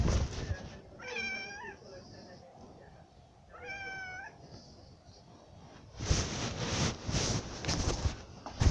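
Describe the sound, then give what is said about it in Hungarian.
A cat meows twice, each a drawn-out, wavering, fairly high-pitched call with a pause between them, followed by several seconds of loud rustling and shuffling noise. “Be kell tenni a macskámat.”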